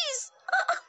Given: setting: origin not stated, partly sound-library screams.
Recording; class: one-second piece from a danger detection set; woman in danger